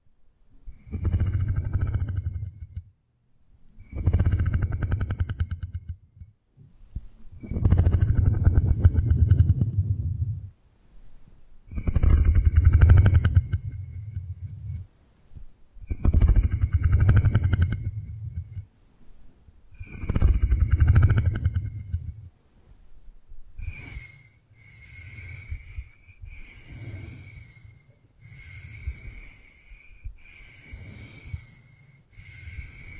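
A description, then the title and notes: Ear picking with various props comes in repeated bursts of deep, muffled rubbing and scraping, each lasting two to three seconds with short silences between. From about 23 seconds the strokes turn quicker and lighter, with a brighter scratchy, crackling edge. 3D panoramic ear picking with various props.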